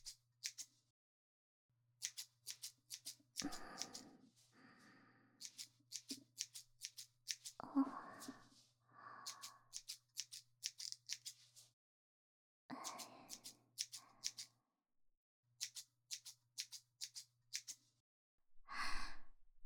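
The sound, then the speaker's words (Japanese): Rapid bursts of crisp scissor snips thinning a young master's hair during a haircut, clustered in quick runs with short pauses between, accompanied by soft breaths and a low steady hum underneath. “さて、すいた髪を別のハサミで整えてまいりますね。”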